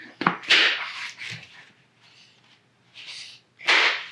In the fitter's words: there just clicks right in nice